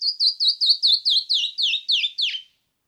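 Canyon wren song: ten or so evenly spaced whistled notes descending the scale, the last one dropping lowest.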